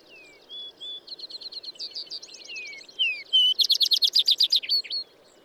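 Bird song: high thin whistles and quick chirps build into a fast, loud, rattling trill of repeated notes, ending with a few sharp chips.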